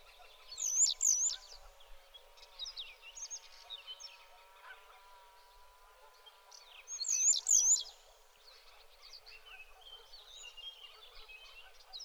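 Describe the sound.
Bird call, a high wavy double note heard twice about six seconds apart, with a chorus of other chirping birds and a steady low hum.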